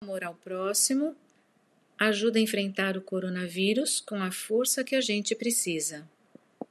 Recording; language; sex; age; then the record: spoken sentence; Brazilian Portuguese; female; 60 to 69 years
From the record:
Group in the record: control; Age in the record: 63 years